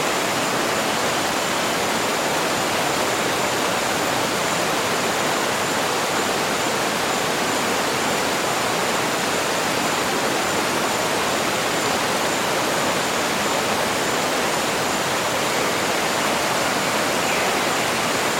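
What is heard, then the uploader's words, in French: A rainforest waterfall pours in a steady, dense roar, bright and hissing with a low rumble underneath, unchanging throughout. Chute d’eau de la forêt tropicale. L’eau en cascade de l’Amazonie. Imaginez-vous entouré par l'étreinte luxuriante de la forêt tropicale, tandis que les eaux en cascade de Cachoeira Pedra Furada créent une symphonie de sons apaisants.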